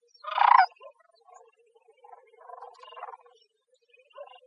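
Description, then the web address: Sandhill crane call, one loud rolling, rattled note followed by softer, scattered calls over a few seconds. "Cranes AZFO SACR 021106"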